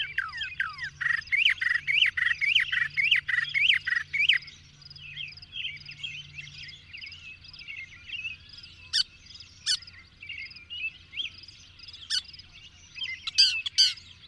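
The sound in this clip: Birds singing: a series of rising whistled notes repeated about twice a second, then a busy chorus of twittering with a few sharp clicks and a low hum beneath.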